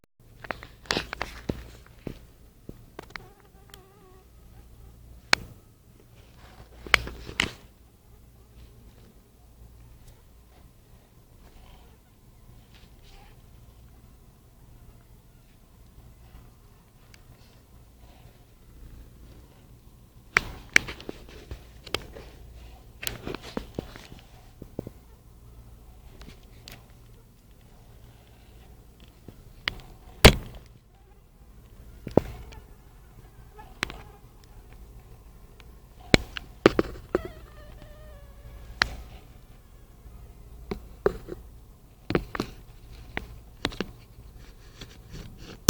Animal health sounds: mosquito flight sound by mobile phone; Anopheles freeborni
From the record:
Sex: female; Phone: Nokia 5235

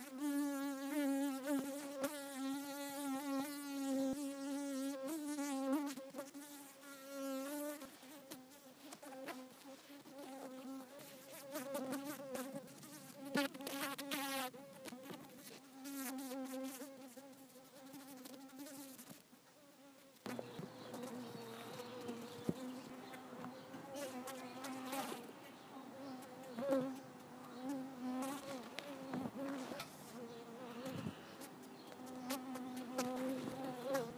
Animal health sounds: mosquito flight sound by mobile phone; Culiseta incidens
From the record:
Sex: female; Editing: snipped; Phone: iPhone 4S

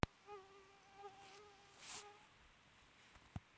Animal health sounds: mosquito flight sound by mobile phone; Aedes sierrensis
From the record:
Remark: free flight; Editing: field recording with all noises

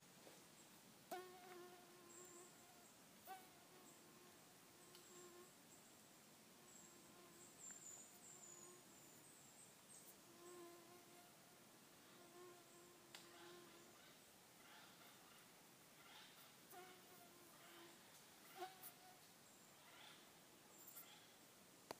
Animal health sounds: mosquito flight sound by mobile phone; Aedes sierrensis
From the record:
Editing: field recording with all noises

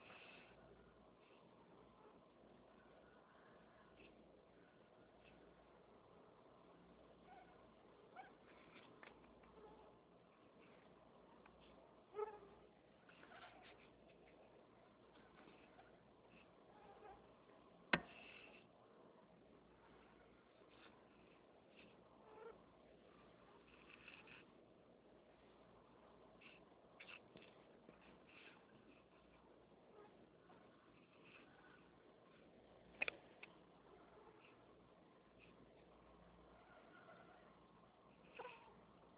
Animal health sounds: mosquito flight sound by mobile phone; Anopheles albimanus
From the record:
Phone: Nokia 6555B

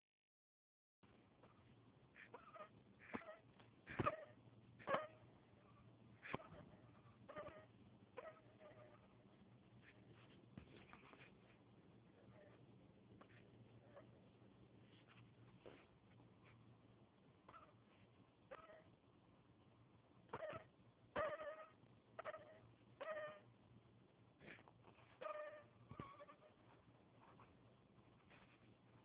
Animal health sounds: mosquito flight sound by mobile phone; Anopheles dirus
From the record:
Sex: male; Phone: Huawei 866C

